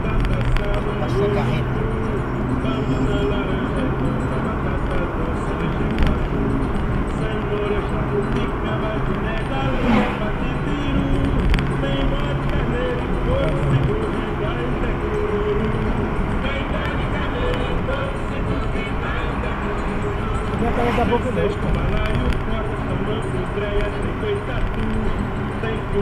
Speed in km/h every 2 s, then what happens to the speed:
78, 81, 82, 80, 81, 85, 85, 84, 84, 83, 78, 76, 78.
0-11 speeds up to 85. 11-17 steady at about 84. 17-21 slows to 76.